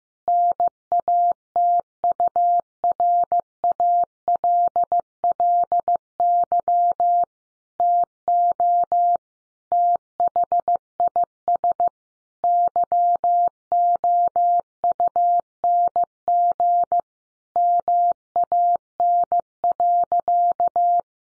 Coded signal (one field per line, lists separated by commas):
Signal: Morse code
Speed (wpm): 15 wpm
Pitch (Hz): 700 Hz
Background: none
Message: NATURALLY TO THIS YOUNG MAN.